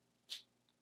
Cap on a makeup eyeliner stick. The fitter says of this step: did you hear that snap? You need to hear that snap, you guys.